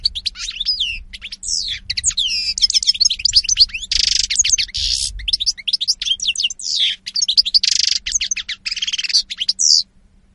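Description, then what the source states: European goldfinch song, a fast, dense run of high twittering and liquid chirps with buzzy notes mixed in, going almost without pause for about ten seconds. Spanish goldfinch lure call recording (reclamo).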